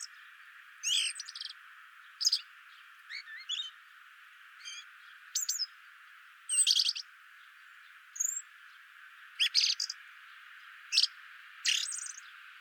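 Eurasian blackbird calls: bright, abrupt chirps and short clustered notes at irregular intervals, about one every second or two, with constant hiss behind.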